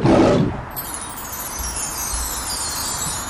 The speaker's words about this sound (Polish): Pierwsze lew, a drugie obstawiam jednorożca.